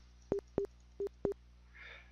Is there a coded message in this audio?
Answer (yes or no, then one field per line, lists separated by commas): no